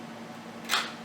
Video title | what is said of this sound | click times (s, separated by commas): How to setup a Nishijin Model B for Play | snap it shut and it's installed so it's ready to go then | 0.7 s